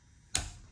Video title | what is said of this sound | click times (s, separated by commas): Installing An AIRDOG 5G 165GPH On My CUSTOM 2nd Gen CUMMINS BUILD!! | and we are going to push until we hear a firm click | 0.4 s